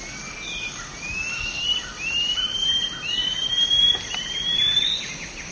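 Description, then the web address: Scale-backed antbird song: a series of thin, whistled notes, each rising and pitched a little higher than the last. A steady insect hiss and faint other calls run underneath. Song; eastern lowlands of South America. "Nature Songs S America Eastern Lowlands. Hylophylax poecilinotus, song"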